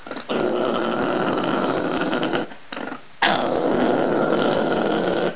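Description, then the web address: Llama orgling: a steady, rough gurgling drone in two long bursts, the first about two seconds and the second over two seconds after a short pause. Orgle, the mating call of llamas. "outlaw llamas"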